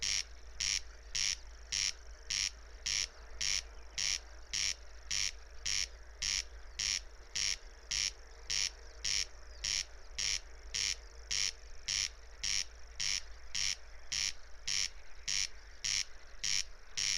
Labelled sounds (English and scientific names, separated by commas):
Corn Crake (Crex crex) song